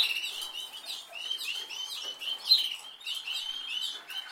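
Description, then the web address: Canary singing a softer run of repeated swooping chirps, with faint high twitters. "Golchin Best Canari Seda Canari. Niyaz Music)"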